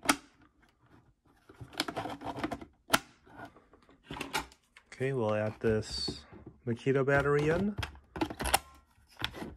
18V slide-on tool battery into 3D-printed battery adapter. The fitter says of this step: this has a satisfying click in it too